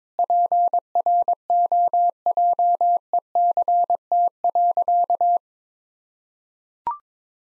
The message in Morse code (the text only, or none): PROJECT.